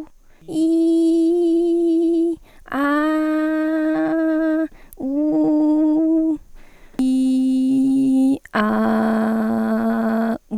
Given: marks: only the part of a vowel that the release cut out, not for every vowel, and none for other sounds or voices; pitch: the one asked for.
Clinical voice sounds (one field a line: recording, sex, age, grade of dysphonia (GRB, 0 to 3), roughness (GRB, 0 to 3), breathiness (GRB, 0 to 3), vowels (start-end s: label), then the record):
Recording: sustained vowels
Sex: female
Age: 18 to 19 years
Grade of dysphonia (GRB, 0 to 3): 2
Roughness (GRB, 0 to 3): 1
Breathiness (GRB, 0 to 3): 0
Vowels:
0.71-2.06 s: vowel /i/, high pitch
2.99-4.18 s: vowel /a/, high pitch
5.16-6.03 s: vowel /u/, high pitch
7.11-8.25 s: vowel /i/, low pitch
8.79-10.07 s: vowel /a/, low pitch
From the record:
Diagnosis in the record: healthy voice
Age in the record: 19 years